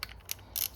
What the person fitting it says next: and that's locked into place.